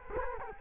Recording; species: mosquito wingbeat signal from an infrared sensor; Culex quinquefasciatus